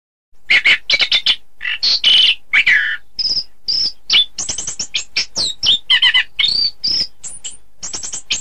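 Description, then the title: Thrush pouring out a lively, varied song of quick whistles, harsher chattering notes and bright high chirps after a brief silence at the start. "Suara Burung Anis"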